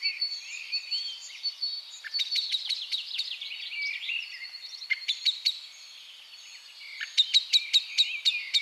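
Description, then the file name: Common blackbird calls: sharp clicking notes in quick runs over a steady high twittering chatter, with bursts near two, five and seven seconds. "Turdus merula"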